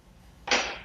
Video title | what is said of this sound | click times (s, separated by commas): FITNATION Slimline Pro Walking Treadmill w/ Echelon App on QVC | Comes up, clicks into place. | 0.5 s